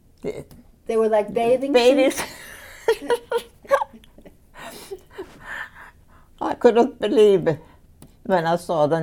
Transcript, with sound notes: They were like bathing suits? (she laughs)
I couldn't believe when I saw them.